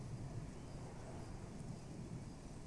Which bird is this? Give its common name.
Great Tit